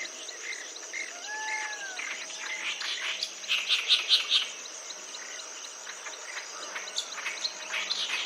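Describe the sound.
Clamorous reed warbler song: harsh, scratchy chattering notes in bursts, loudest around the middle, over a steady high insect drone, with a few faint tonal whistles early on.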